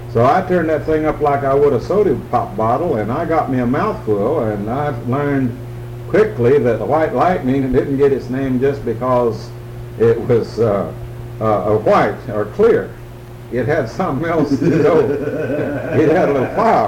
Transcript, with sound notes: so I turned that thing up like I would a sodee-pop bottle and I got me a mouthful and I learned quickly that the white lightening didn't its name just because it was a white, or clear. It had something else-- (laughs) It had a little fire!